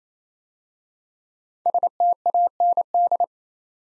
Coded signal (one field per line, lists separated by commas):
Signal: Morse code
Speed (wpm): 29 wpm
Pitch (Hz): 700 Hz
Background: none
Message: STAND